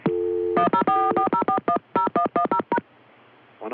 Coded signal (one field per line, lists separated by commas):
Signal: DTMF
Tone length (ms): 100 ms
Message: 10440410110